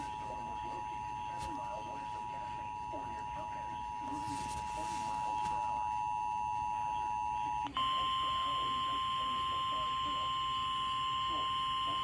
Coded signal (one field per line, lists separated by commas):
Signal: Emergency Alert System (SAME) tones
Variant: 853 and 960 Hz attention tone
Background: speech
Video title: SVR On 107.9 FM EAS #588 (7/2/23)